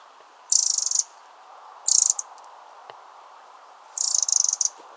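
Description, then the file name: Eurasian wren call: three dry, rapid ticking rattles, each about half a second long, high-pitched and irregularly spaced, with little other sound. "Troglodytes troglodytes"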